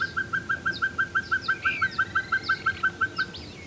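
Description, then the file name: Pacific pygmy owl giving quick, evenly spaced mellow toots through most, while thin high bird calls sound faintly behind. "Glaucidium peruanum - Pacific Pygmy Owl"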